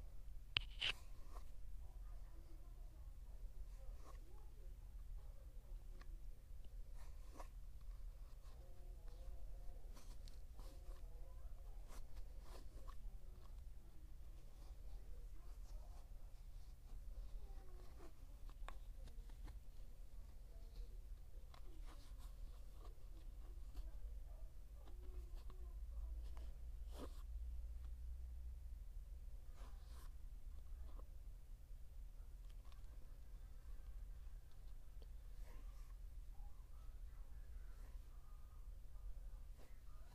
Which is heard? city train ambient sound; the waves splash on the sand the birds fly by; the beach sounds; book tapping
book tapping